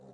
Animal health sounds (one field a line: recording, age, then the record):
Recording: pig call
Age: piglet (1 to 25 days)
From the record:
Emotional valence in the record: negative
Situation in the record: short isolation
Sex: female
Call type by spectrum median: low-frequency call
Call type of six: low-frequency stable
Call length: 0.14 s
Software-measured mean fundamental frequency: 50 Hz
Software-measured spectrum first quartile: 200 Hz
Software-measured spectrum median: 387 Hz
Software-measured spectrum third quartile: 597 Hz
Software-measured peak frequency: 505 Hz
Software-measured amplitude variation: 87 dB a second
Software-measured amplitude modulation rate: 24.3 a second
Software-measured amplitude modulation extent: 3.6 dB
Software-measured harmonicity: 0.5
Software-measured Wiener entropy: 0.43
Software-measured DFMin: 1121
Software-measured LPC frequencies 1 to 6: 511, 2743, 3791, 5968, 6949, 7830 Hz